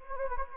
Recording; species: mosquito wingbeat signal from an infrared sensor; Anopheles gambiae